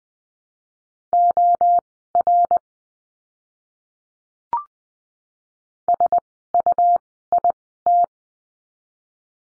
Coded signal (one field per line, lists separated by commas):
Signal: Morse code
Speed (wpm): 20 wpm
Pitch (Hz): 700 Hz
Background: none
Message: OR SUIT